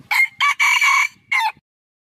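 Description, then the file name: Red junglefowl rooster crowing once: two short strident notes, a longer sustained syllable and a falling final note, with quiet between them. "tieng ga rung ga trong chuan"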